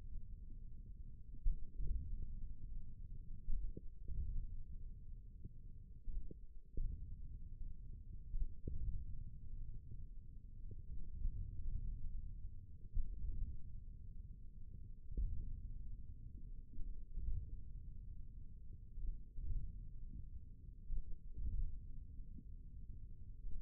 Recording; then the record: forearm muscle sounds (acoustic myography)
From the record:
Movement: hand opening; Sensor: system 1, eight BSWA MPA416 microphones around the upper forearm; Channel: 1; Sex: male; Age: 41 years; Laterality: right